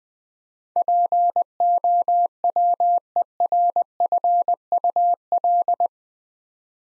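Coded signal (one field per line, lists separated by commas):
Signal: Morse code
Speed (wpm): 20 wpm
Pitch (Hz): 700 Hz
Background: none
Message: POWERFUL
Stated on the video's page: Morse practice at 20 wpm: 8-letter words built three letters at a time, for beginners working on instant character recognition.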